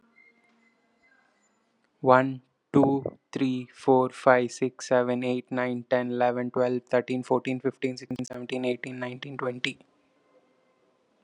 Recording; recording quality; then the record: counting at a fast pace; excellent, no background noise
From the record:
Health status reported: exposed to COVID-19, no respiratory illness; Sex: male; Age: 25 years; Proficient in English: yes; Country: India